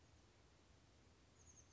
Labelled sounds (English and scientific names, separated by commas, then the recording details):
Oak Titmouse (Baeolophus inornatus)
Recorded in Sonoma County, California